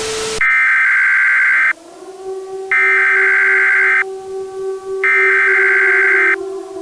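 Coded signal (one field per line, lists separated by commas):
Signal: Emergency Alert System (SAME) tones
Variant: header bursts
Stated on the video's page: Fictional EAS scenario in analog horror style; nothing in it really happened.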